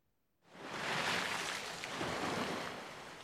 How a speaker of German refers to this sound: So schäumte das Meer. Die Robbe spielt in den weißen Gischtringen am Kliff.